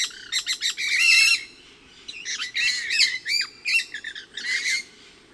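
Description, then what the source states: Pyrrhura parakeets squawking as a group, rapid harsh chatter at the start, a short lull, then more grating overlapping calls. Resident flock of about 8 birds, about 30 m away, 20-25 m up in trees in a station clearing, around 12:20 p.m., partly cloudy and hot.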